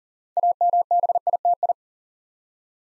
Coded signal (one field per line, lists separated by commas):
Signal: Morse code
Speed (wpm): 40 wpm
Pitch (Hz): 700 Hz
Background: none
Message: AMBITI